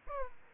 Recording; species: mosquito wingbeat signal from an infrared sensor; Aedes aegypti